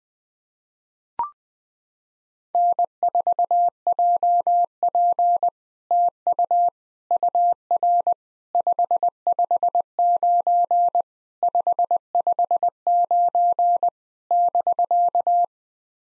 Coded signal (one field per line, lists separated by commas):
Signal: Morse code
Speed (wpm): 21 wpm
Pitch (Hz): 700 Hz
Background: none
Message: N4JP TU UR 559 559 <BK>